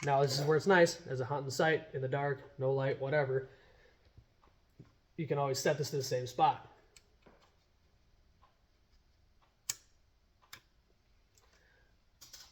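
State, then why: Seated. Someone talks while a bow accessory on the bow riser is moved into a fixed, indexed detent position so it can always be set to the same spot, even in the dark. A sharp click at 9.7 s marks it locking in, followed by a few fainter ticks as it seats in place.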